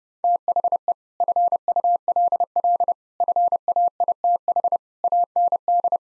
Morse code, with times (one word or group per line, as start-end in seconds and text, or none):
0.2-0.9 THE
1.2-2.9 FULL
3.2-4.8 FAITH
5.0-6.0 AND